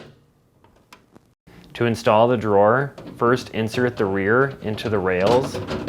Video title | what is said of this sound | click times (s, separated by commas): How to replace Crisper Drawer Front Panel part # WPW10688114 on your Whirlpool Refrigerator | then push until the panel snaps into place | 0.9 s